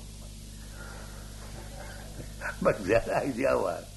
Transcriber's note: laughs